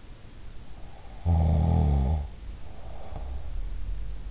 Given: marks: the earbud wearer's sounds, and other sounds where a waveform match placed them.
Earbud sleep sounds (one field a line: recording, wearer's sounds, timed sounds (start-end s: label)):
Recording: sounds in sleep by an in-ear microphone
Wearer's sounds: snoring breath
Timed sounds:
1.24-3.57 s: snoring breath